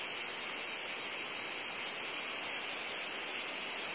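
Cicadas produce an unbroken, broad sizzling hiss, even in volume throughout.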